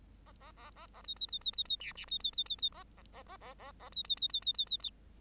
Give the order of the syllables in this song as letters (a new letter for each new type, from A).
A A A A A B B B B B B C D B B B B B A A A A A A A B B B B B B B B